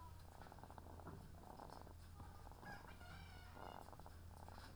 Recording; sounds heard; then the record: poultry house recording; sick chickens (respiratory disease)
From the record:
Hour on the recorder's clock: 17